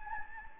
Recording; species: mosquito wingbeat signal from an infrared sensor; Anopheles gambiae